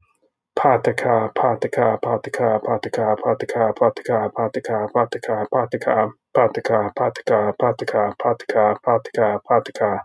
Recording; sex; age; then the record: repeated syllables /pa ta ka/; male; 40 to 49 years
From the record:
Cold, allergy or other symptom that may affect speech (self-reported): no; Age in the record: 41 years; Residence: Illinois, United States